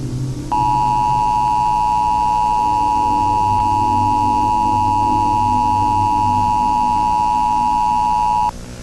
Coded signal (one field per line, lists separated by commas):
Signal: Emergency Alert System (SAME) tones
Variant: 853 and 960 Hz attention tone